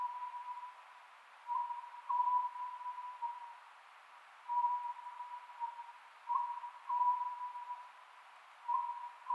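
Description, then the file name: Oriental scops owl repeating short hooted phrases about every two to three seconds, with a persistent tonal hum and hiss behind. Recorded 27 May 2010 at 22:21. "konohazuku 20100527-2221"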